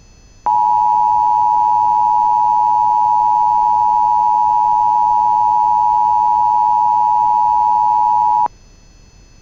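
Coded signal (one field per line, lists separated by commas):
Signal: Emergency Alert System (SAME) tones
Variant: 853 and 960 Hz attention tone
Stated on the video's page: Southern Idaho required monthly test heard on the GWES stream.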